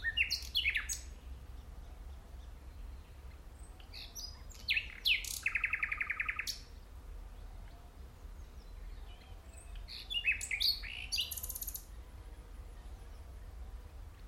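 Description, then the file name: Common nightingale song: sharp phrases with a short mid-pitched rattling trill, three song bursts spread throughout with quiet pauses between. "Luscinia megarhynchos"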